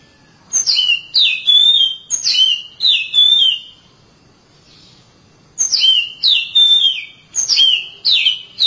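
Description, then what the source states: Oriental magpie-robin singing bright, sharply descending whistled phrases, several in quick succession, then a pause of nearly two seconds before a fresh burst of similar phrases. Long-duration song.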